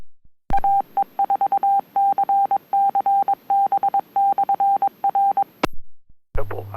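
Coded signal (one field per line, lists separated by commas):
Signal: Morse code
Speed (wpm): 22 wpm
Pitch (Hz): 790 Hz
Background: none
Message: AE4CCB/R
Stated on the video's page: Sunday morning net on a UHF repeater, 442.200 MHz.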